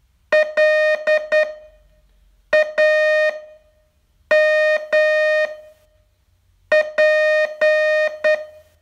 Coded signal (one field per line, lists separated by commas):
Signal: Morse code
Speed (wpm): 10 wpm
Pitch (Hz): 620 Hz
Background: none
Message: LAMP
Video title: Learn Morse in 42 Days from VU2LAU - day 37 test